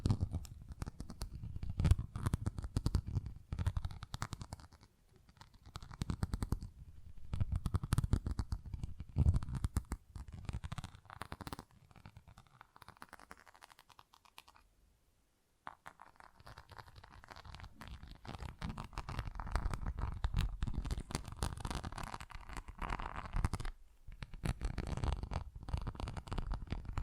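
Dense, fast tapping and scratching on textured surfaces, rough and crackly, thinning briefly near fifteen seconds and again around twenty-four.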